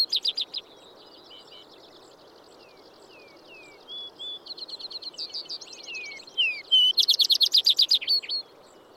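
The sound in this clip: Vesper sparrow song: a brief trill, then a long run of slurred whistles and twittering phrases building to a loud, buzzy, rapid trill near the end, over steady low hiss.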